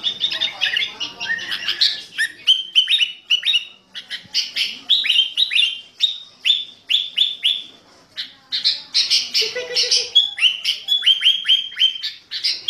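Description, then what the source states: Sooty-headed bulbul singing a dense, fast stream of varied chirps, sharp whistled slurs and rapid trills, with brief pauses between bursts. Fierce-style ('gaya sangar') singing with a 'thunder' ('suara halilintar') voice.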